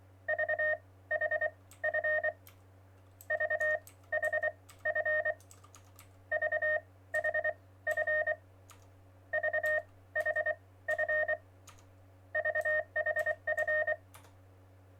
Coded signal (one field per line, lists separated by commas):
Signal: Morse code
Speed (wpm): 24 wpm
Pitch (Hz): 1850 Hz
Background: none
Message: VHF VHF VHF VHF VHF